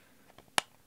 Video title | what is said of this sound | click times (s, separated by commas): The Munimade Podcast #3 - Learning and Loving, and Diamond Painting OBSESSED | y'all hear that when you put the stopper in | 0.6 s